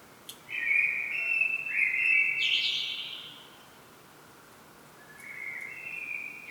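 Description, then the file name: Common blackbird singing a low fluted warble that lifts into a squeaky twitter, then a pause before a second phrase begins near the end. "Turdus merula"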